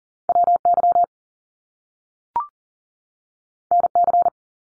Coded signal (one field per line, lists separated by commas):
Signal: Morse code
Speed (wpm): 41 wpm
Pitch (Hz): 700 Hz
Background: none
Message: WY NC